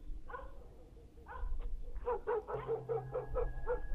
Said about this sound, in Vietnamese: Bỗng nhiên người đàn ông quái dị nghe tiếng chó sủa.